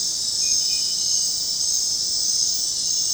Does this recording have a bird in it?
no